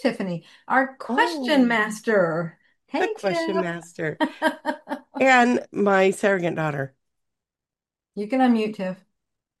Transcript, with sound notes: Who is Tiffany? Our question master.
Oh.
Hey, Tiff.
The question master.
(laughs)
And my surrogate daughter.
You can unmute, Tiff.